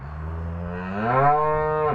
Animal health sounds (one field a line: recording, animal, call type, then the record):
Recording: contact call of a hoofed animal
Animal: cattle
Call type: low-frequency (closed-mouth) or high-frequency (open-mouth) call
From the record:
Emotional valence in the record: negative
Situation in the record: full separation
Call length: 1.95 s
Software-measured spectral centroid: 930 Hz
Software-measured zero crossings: 1070 a second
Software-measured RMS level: -23 dBFS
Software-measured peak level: -6 dBFS